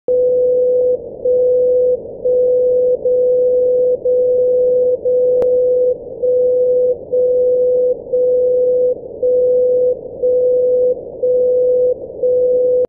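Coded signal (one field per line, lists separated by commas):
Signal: radio time signal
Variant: BPC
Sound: continuous mid-pitch tone briefly dropping once per second, about 12 dips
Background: radio static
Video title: Time signal 68,5 kHz VLF from China Lintong/Pucheng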